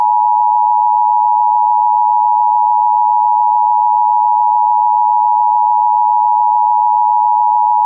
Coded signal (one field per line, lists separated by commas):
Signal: Emergency Alert System (SAME) tones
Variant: 853 and 960 Hz attention tone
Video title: ▌EAS SCENARIO▐ NFL Game Tornado Emergency!